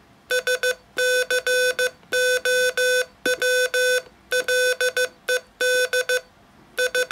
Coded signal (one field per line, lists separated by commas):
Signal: Morse code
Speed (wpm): 15 wpm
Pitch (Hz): 500 Hz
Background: none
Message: SCOWLED I